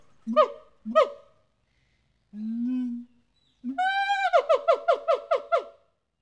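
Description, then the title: Siamang calls: two sharp barks, a short low hum, then a long bark followed by a rapid series of several falling barking whoops. "MONKEY, SIAMANG, HYLOBATES SYNDACTYLUS, ANIMAL. DIGIFFECTS. Primates - Monkeys, Chimps, Apes"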